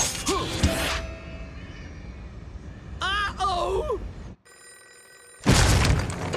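A cartoonish telephone rings with warbling, bright tones in a short burst, set between loud noisy crashes and a steady electronic hum.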